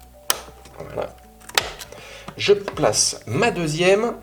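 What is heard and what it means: A Trident Z Neo DDR4 memory module, the first of a 32GB (2x16GB) DDR4-3600 CL16 kit, is lined up in a motherboard DIMM slot and pressed down gently until it seats. A sharp, loud click at 0.3 s marks it seating, and a second loud hit follows at 1.6 s. Someone talks through the rest of the clip, and the module ends up seated in the slot.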